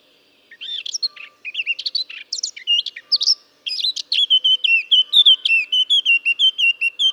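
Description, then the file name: Eurasian blackcap song: quick scratchy warbling, then a bright sequence of clear, fluty whistled phrases repeated in quick succession. "Sylvia atricapilla"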